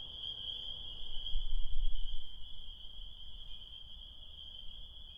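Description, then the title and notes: Spring peepers calling together in a constant high, shrill chorus, briefly joined by a low rumbling surge in the middle before it settles again. Small frogs singing on a spring night, recorded on the way home from Connecticut. "Spring Peepers!. these tiny frogs sing their desire on a spring night"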